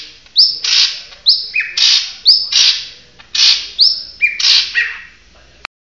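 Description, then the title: Bird chirping: loud sharp chirps, each a high upslurred note followed by a harsh noisy burst, repeated in quick succession with small gaps. "SuaraBurung Kicau"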